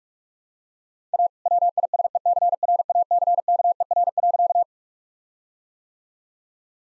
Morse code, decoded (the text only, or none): A WISECRACKER.